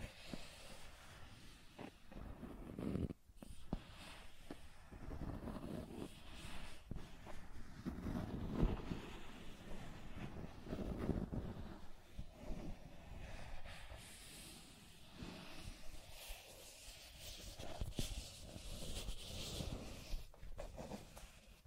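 Scratching and tracing sounds run continuously, a dense rasping texture with rough, grainy strokes that swell and fade every second or so. Low rumbling bursts mark the heavier strokes, with a brief near-silent gap around three seconds and a brighter hiss throughout.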